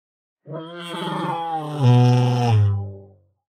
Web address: lion moan